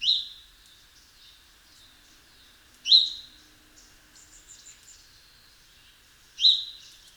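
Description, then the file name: House sparrow calling with bright single chirps roughly every three seconds, softer twittering notes filling the intervals. "Passer domesticus"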